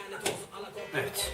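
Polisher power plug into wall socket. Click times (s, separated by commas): 0.3 s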